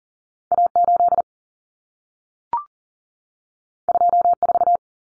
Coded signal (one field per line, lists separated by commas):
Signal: Morse code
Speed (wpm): 40 wpm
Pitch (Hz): 700 Hz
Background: none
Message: A8 24